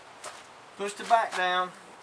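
The top cowling of a Honda 200 four-stroke outboard motor is being handled onto the engine housing to fit its rear latch, while someone talks. A brief soft handling sound comes at 0.2 s, followed by speech. Nothing has seated or clicked yet.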